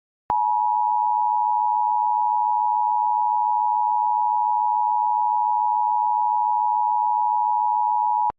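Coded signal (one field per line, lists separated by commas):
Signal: Emergency Alert System (SAME) tones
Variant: 853 and 960 Hz attention tone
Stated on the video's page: Fictional EAS scenario with valid SAME headers, made with software including EAS Encoder.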